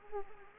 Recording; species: mosquito wingbeat signal from an infrared sensor; Anopheles arabiensis